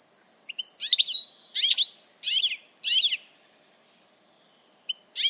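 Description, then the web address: Bird calls: a series of short, harsh, chirping notes, four in a row roughly every two-thirds of a second, then another after a pause, over a faint steady high whine. "Deverinetal"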